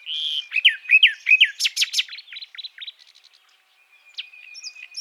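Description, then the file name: Common nightingale with a whistled note, rapid repeated chirps and loud rasping strokes, a short pause, then a thin sustained whistle and scattered soft notes. "Luscinia megarhynchos"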